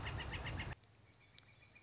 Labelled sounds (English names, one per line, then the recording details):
Northern Flicker
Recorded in Sonoma County, California